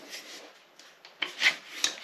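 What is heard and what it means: A Steambow crossbow fitted with the QC limb set has its bow string drawn back over the cap and across the cocking limbs, making a dry rubbing, rasping sound with a few light knocks along the way. At 1.8 s, a sharp click marks the string locking into the trigger's string-holding latch, and it is seated.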